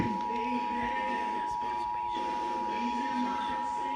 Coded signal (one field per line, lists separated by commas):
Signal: Emergency Alert System (SAME) tones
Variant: 853 and 960 Hz attention tone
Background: speech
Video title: EAS #48 Required Monthly Test